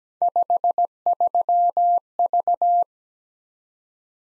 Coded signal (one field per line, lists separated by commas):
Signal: Morse code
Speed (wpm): 17 wpm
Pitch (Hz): 700 Hz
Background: none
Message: 53V